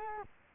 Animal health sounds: mosquito wingbeat signal from an infrared sensor; Culex quinquefasciatus

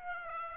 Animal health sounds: mosquito wingbeat signal from an infrared sensor; Aedes aegypti

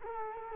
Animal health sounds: mosquito wingbeat signal from an infrared sensor; Culex quinquefasciatus

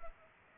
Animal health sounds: mosquito wingbeat signal from an infrared sensor; Culex pipiens

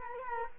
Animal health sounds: mosquito wingbeat signal from an infrared sensor; Culex quinquefasciatus

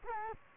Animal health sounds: mosquito wingbeat signal from an infrared sensor; Culex quinquefasciatus

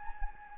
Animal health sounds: mosquito wingbeat signal from an infrared sensor; Anopheles gambiae

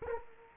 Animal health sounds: mosquito wingbeat signal from an infrared sensor; Culex quinquefasciatus

